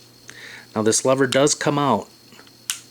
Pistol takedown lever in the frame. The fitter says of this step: And your lever right here, you just pull this up until it clicks.